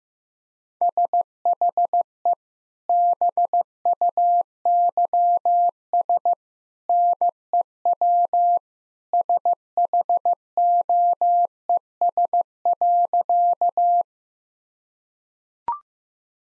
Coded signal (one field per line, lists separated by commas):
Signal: Morse code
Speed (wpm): 15 wpm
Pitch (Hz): 700 Hz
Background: none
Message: SHE BUYS NEW SHOES.